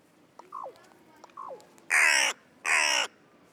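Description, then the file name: Carrion crow calling: two short, thin falling notes followed by two loud, harsh, rasping caws in quick succession against a quiet background. "Corvus corone"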